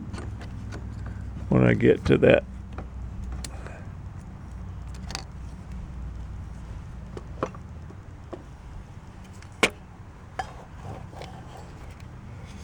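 The outer snap ring that holds the clutch coil on a Honda Odyssey air conditioner compressor is being worked into its groove. Someone talks briefly, and a few sharp handling ticks sound over a low steady hum. Nothing has seated or snapped in yet.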